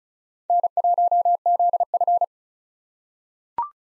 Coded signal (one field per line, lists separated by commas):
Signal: Morse code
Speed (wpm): 36 wpm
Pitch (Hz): 700 Hz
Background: none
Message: N1ZF